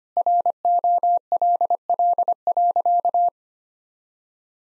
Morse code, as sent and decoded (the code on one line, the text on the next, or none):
.-. --- .-.. .-.. .-.-.-
ROLL.